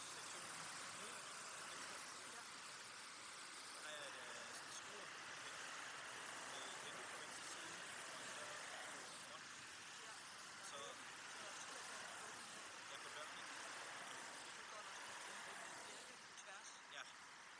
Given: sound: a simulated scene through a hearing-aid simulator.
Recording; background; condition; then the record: conversation; traffic; -6 dB SNR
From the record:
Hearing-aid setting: anchor resembling a broken hearing aid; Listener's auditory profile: D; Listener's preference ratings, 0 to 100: 1, 0, 0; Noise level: 75 dB SPL